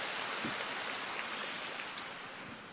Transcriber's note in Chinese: 掌声